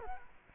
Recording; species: mosquito wingbeat signal from an infrared sensor; Culex quinquefasciatus